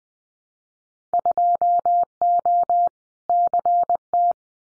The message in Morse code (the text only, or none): 2O CT